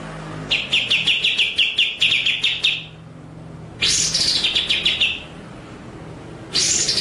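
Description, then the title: White-rumped shama song: a rapid chatter lasting over two seconds, followed by two further bursts with pauses between them. Masteran (training) track of white-rumped shama song, delivered in full 'ngerol' (rolling) and 'nembak' (shooting) style. "Masteran Murai Batu Full Ngerol Nembak"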